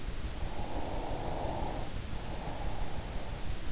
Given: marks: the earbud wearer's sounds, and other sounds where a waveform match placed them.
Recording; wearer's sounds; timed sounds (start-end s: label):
sounds in sleep by an in-ear microphone; breath
0.14-3.58 s: breath